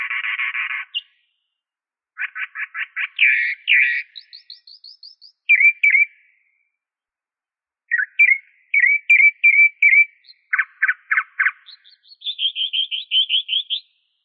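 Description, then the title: Bird singing varied phrases: a harsh burst, quick note series, thin high rising whistles, slurred chirps and a closing rapid trill, with short silences between. "LuckyPassaros CompletosSama"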